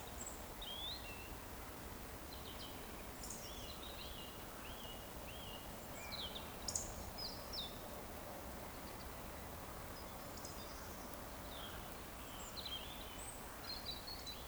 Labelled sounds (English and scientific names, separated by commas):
Eurasian Woodcock (Scolopax rusticola) whistle